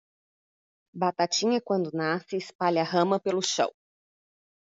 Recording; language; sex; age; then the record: short text; Brazilian Portuguese; female; 40 to 49 years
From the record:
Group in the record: control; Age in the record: 46 years